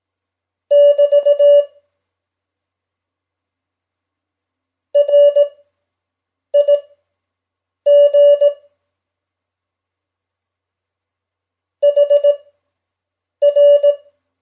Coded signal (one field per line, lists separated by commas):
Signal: Morse code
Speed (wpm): 18 wpm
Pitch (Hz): 580 Hz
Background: none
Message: <BT> RIG HR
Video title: Simulated Morse Code proficiency exam @5wpm